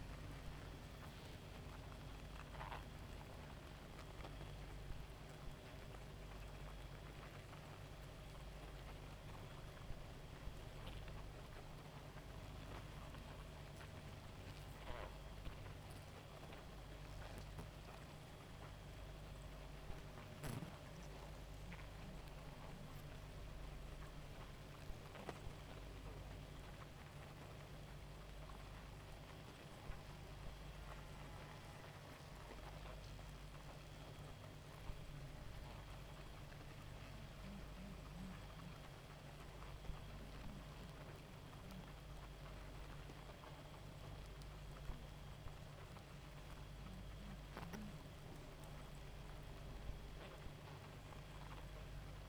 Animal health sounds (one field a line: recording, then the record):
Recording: honeybee colony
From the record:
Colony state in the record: active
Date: 28 July 2017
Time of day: 1:05